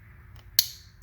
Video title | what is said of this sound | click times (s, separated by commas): How to change injectors on a mazda b6 engine | just like that and now you know it's seated onto the injector | 0.6 s